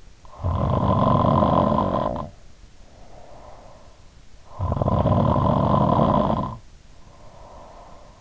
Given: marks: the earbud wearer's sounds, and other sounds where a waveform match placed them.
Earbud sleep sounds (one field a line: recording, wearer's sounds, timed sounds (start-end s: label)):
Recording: sounds in sleep by an in-ear microphone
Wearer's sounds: snoring breath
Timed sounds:
0.14-3.99 s: snoring breath
4.44-8.21 s: snoring breath